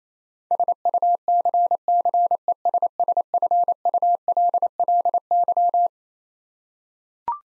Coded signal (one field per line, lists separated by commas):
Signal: Morse code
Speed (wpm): 28 wpm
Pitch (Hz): 700 Hz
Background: none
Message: SUCCESSFULLY